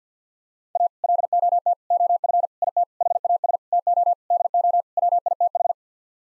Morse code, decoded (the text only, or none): A LOT OF IT HAS TO DO WITH